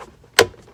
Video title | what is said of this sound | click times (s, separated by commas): How to replace cabin air filter 01-05 Honda Civic | so you hear that click boom your glove box is sitting off on one | 0.4 s